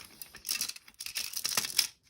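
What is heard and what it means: A blue rubber seal is pressed onto the plastic flush valve of an American Standard Champion toilet, producing crinkly rubbing and handling noises. A sharp snap sounds at 1.8 s, the first of the two snaps needed, so the seal is only partly seated.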